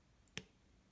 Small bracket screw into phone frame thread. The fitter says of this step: until you hear the click